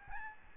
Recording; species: mosquito wingbeat signal from an infrared sensor; Aedes albopictus